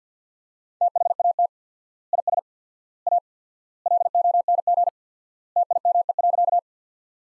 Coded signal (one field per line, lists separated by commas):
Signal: Morse code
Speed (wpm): 50 wpm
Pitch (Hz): 700 Hz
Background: none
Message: THAT IS A LONG TIME.